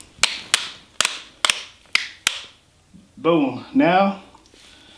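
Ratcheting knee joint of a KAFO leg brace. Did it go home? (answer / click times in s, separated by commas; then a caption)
yes / 0.2 s, 0.5 s, 1.0 s, 1.4 s, 2.3 s. As the wearer stands up, the ratcheting knee joint of a KAFO leg brace gives sharp clicks at 0.2, 0.5, 1.0, 1.5 and 2.3 seconds as it moves notch by notch. The joint ends locked straight so the knee cannot bend at all, and then someone talks.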